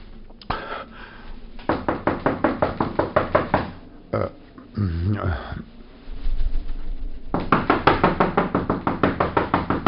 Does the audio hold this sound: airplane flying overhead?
no